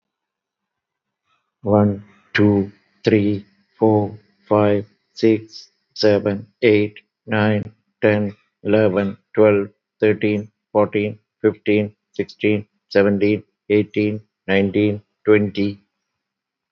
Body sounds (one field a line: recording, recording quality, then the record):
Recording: counting at a normal pace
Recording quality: excellent, no background noise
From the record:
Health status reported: healthy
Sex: male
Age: 59 years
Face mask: not worn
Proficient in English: yes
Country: India